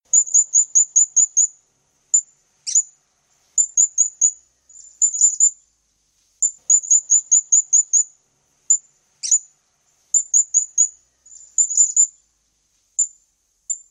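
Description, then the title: Hanging parrot chattering in quick series of very high, thin squeaky notes, bursts of several notes repeated throughout, broken by two sharp clicks. "SERINDIT"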